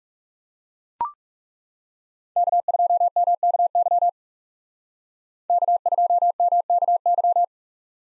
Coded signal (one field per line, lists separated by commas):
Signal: Morse code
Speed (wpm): 38 wpm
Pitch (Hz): 700 Hz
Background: none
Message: K2MKY K2MKY